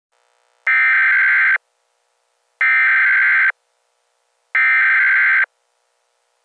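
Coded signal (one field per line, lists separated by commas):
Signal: Emergency Alert System (SAME) tones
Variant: header bursts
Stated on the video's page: A fictional scenario of a nuclear attack alert in Spain as seen on TV.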